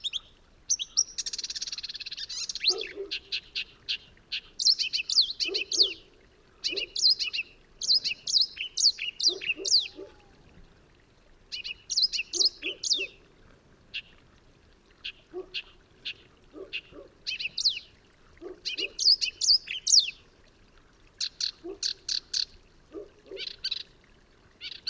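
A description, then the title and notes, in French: Marsh warblers sing a fast, jumbled run of bright chirps and trills in repeated bursts, with lower buzzy notes and brief pauses between. Vercors - Nagra seven - mkh40. Elle viennent juste d'arriver les Rousserolles verderolles (Acrocephalus palustris) . Elles sont ici dans le Vercors à la limite sud de leur distribution et arrivent tard en saison.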